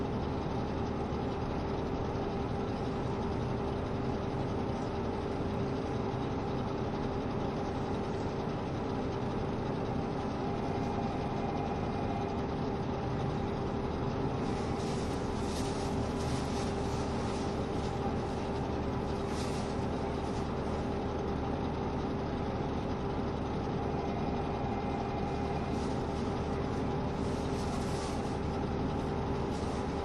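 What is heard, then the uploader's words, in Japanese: Steady running sound heard from inside a diesel train, with a dense low rumble and a constant droning engine tone throughout. Brief bright hissing bursts rise above it around the middle and again near the end, while the overall loudness stays even. キハ72系 ゆふいんの森06号01 由布院～うきは。走行音。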